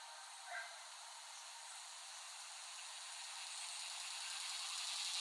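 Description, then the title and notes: Cicadas buzzing in a harsh, slightly rattling drone that swells steadily louder toward the end; a brief lower chirp near the start. Cicadas recorded by Dan Bodah in West Brighton, Staten Island, late summer 2008. "Recording of cicadas made by Dan Bodah in West Brighton, Staten Island, late summer 2008."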